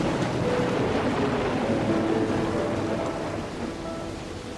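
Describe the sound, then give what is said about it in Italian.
A steady, fine drizzle of rain in Brussels, alternating with sunshine, hisses evenly throughout, a dense, constant patter with a low rumbling undertone, easing slightly in loudness toward the end. No one speaks. “Pioggerellina fitta, alternata a raggi di sole, quasi una metafora dell'incertezza in cui si trova il vecchio continente, avvolgeva Bruxelles nelle giornate europee dello sviluppo organizzate dalla Commissione europea.”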